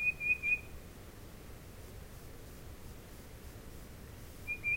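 Tufted titmouse whistling three quick clear notes at the start, a long quiet gap, then two more whistled notes at the end.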